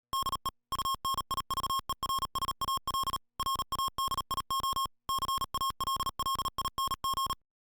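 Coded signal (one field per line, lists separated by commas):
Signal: Morse code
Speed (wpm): 38 wpm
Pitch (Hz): 1080 Hz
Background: music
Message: DE UNIVERSAL RADIO CALLING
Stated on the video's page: Heard on the Yaesu FT-891 HF transceiver.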